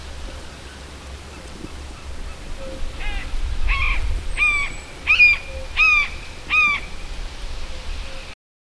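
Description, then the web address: Bird calling with a series of five or six harsh, nasal notes growing louder, spaced about two-thirds of a second apart, before the sound cuts off. "madarak enek"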